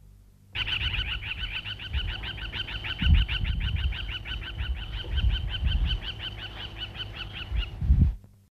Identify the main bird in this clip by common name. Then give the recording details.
Crowned Lapwing. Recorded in captivity. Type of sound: call. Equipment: Halbspur, 9,5 cm/s. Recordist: Lütgens, Hans. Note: Schimpfend